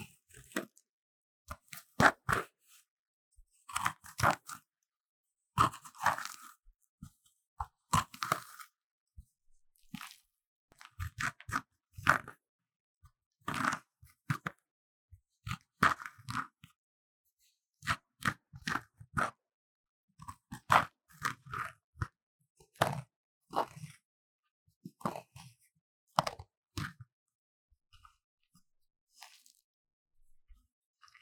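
A magnesium block is scraped in short, rough strokes, each a brief crunchy burst of grating noise. The strokes come in irregular clusters across the half minute, with near-silent gaps between them and no steady background sound.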